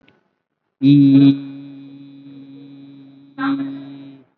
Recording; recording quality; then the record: sustained vowel as in beet; excellent, no background noise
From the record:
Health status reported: COVID-19 positive, mild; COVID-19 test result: positive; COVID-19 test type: RT-PCR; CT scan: taken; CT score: 9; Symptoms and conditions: cough, cold, sore throat, fever, fatigue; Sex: male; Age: 35 years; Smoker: no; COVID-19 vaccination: one dose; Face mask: worn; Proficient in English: yes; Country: India